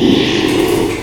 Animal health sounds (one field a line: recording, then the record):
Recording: squeal of a Yucatan mini pig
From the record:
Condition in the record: after surgery on the right vocal fold (resection and tissue-engineered implant)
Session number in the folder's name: 1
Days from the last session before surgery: 6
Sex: male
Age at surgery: 12 weeks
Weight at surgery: 13 kg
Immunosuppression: cyclosporine, prednisolone